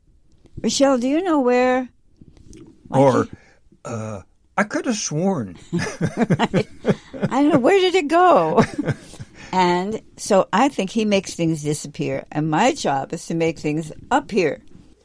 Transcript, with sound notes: Rochelle, do you know where..." He-
Or, uh, "I coulda sworn." (laughs)
Right. (laughs) I don't know. Where did it go?
(laughs)
And so I think he makes things disappear, and my job is to make things appear.